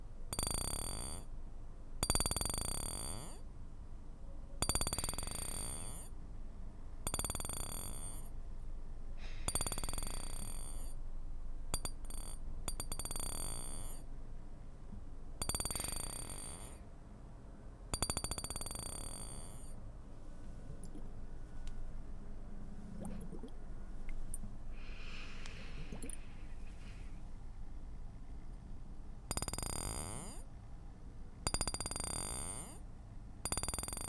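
Glass bottles and marbles clatter in bright bursts every couple of seconds, pausing for quieter rummaging midway before the clinking returns near the end.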